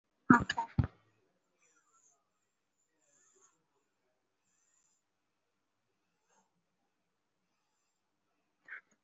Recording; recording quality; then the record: shallow breathing; excellent, no background noise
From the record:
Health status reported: recovered from COVID-19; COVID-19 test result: positive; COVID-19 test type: RT-PCR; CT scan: not taken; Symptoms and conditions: cold, asthma, another condition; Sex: male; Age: 19 years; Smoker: no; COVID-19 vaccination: one dose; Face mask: worn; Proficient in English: yes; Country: India